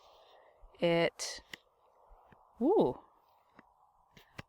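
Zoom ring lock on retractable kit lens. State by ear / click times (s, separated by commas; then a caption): seated / 4.4 s. A woman talks briefly, then the zoom ring of a collapsible kit lens on a Nikon Z7 mirrorless camera is turned to its retracted position, with faint ticks along the way. A sharp click at 4.4 s marks the zoom latching and locking into place, so it won't zoom on its own while the camera hangs from a neck or shoulder.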